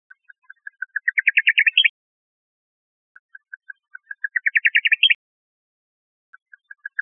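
Bird calling with ticking notes accelerating into a rapid, rising rattle that ends abruptly, given twice, with another ticking run starting at the end.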